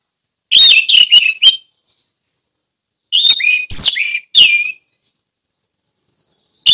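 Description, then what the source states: Orange-headed thrush singing short, dense bursts of whistled and chirping notes, separated by quiet gaps with faint soft notes between. Song in the ngeplong style.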